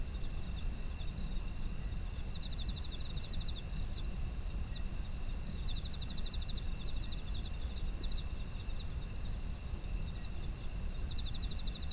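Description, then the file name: Insects in chorus with unbroken high tones; bursts of pulsed chirping recur now and then, and a low rumble persists throughout. Autumn insects, ambient environmental sound. "秋の虫の環境音"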